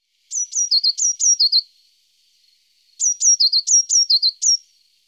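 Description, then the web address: Eurasian blue tit song: two bursts of high, thin downslurred notes quickly repeated, each ending in a faint fading tail, separated by a pause. "IVN Zangvogels. Pimpelmees"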